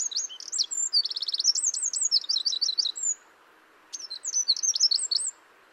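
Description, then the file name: Eurasian wren singing high, fast rattling trills and twittering notes for about three seconds, then, after a short gap, another brief burst of rapid notes. "Troglodytes troglodytes"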